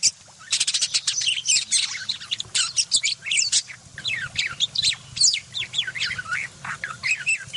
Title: Masteran Burung Parkit Gacor Jernih Full Isian Tembakan Kasar Cocok Buat Kacer